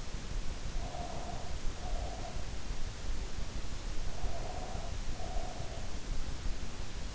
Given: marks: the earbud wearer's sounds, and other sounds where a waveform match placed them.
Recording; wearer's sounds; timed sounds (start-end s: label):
sounds in sleep by an in-ear microphone; breath
0.66-2.68 s: breath
4.19-5.91 s: breath